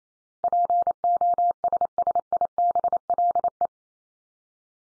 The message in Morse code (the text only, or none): POSSIBLE